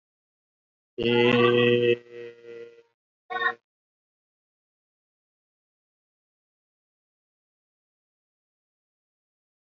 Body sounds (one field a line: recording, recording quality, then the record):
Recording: sustained vowel as in made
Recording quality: moderate, slight background noise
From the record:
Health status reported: COVID-19 positive, no symptoms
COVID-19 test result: positive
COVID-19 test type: RT-PCR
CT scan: not taken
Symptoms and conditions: hypertension, diabetes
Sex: male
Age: 46 years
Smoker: yes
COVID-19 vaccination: both doses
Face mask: worn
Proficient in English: no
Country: India